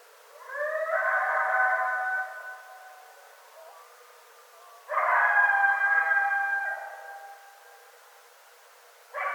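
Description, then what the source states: Coyote howls in two long bouts of steady, slightly wavering tone, separated by a quiet pause, with another howl just beginning at the end. More than one coyote; recorded 16 January 2013.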